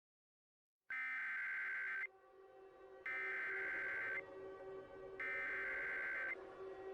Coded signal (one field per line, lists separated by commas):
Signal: Emergency Alert System (SAME) tones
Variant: header bursts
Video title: Too Hot Too Cold: A Mini EAS Scenario